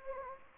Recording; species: mosquito wingbeat signal from an infrared sensor; Anopheles gambiae